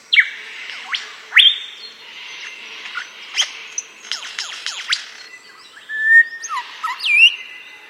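Superb lyrebird song, a rich mixed medley of whipcrack-like sweeps, rapid chirp bursts and warbled phrases, with a brief steady whistle near the end.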